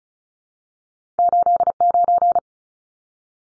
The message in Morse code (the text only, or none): 89